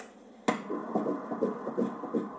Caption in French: Première échographie officielle. Le gynéco leur fait entendre le cœur du bébé qui bat.